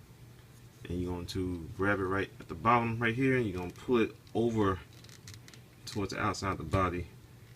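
Someone talks while grabbing the split front half of a Toyworld TW-H02 Brainwave plastic transforming robot figure at the bottom and pulling it toward the outside of the body, with a few faint handling taps around 5.0 to 5.5 s. The front half has not clicked or locked into place yet.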